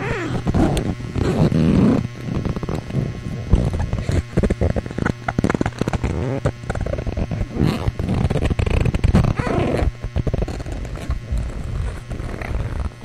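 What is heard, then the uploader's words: A recorder is roughly handled, producing dense low rumbling, scraping and thumping bursts with sharp clicks throughout, over a steady low hum. Recordings of a recorder being mistreated made by Dan Bodah.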